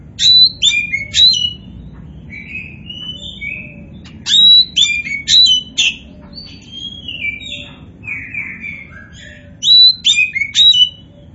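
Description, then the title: Oriental magpie-robin song: varied phrases of sharp whistled notes and softer slurred warbles, given in several separate bursts. Oriental magpie-robin of the poci type in gacor form (steady, vigorous singing). "Kacer Poci"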